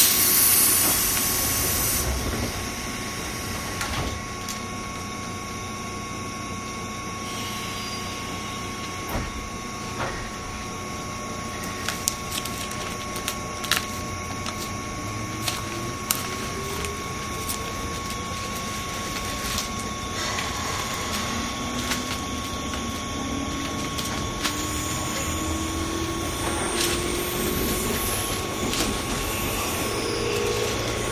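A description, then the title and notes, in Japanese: A JR 201 series train runs with a steady rumbling roar, opening with a brief louder burst. Scattered clicks and sharp knocks come every few seconds, and from about twenty seconds a motor whine climbs gradually in pitch as the train picks up speed. JR201系 桃谷〜桃谷。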